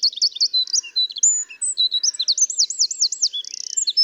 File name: Troglodytes troglodytes